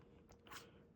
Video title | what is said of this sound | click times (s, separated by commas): LEGO Train Track Tips and Tricks | And this actually pops right in here. | 0.5 s